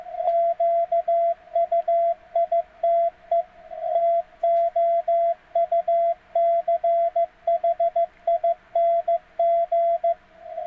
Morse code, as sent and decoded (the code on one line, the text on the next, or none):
--.- ..- .. - . / - --- ..- -.-. .... .. -. --.
QUITE TOUCHING